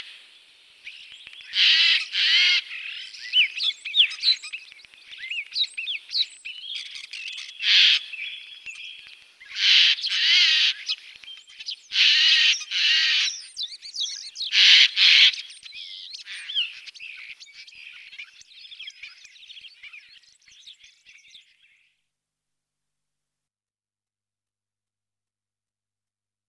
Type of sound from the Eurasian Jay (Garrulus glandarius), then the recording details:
song. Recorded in the wild. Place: Oberrotweil am Kaiserstuhl, Baden-Württemberg, DE. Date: 1985-03-30. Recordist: Schwarz, Dieter